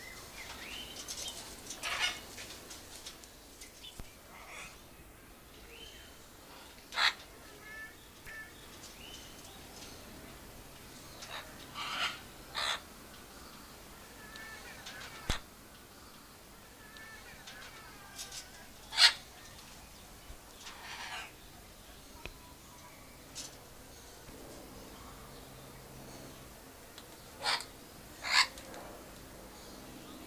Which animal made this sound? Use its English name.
Red-fronted Macaw